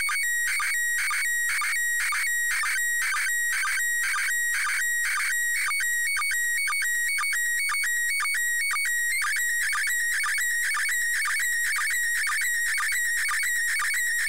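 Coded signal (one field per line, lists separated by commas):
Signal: SSTV (slow-scan television)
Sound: warbling, buzzing tone steadily shifting pitch, with regular short low blips about twice a second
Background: radio static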